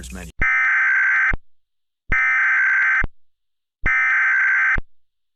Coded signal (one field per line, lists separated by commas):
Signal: Emergency Alert System (SAME) tones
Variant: header bursts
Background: speech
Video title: Monstrous Eruption - An EAS Scenario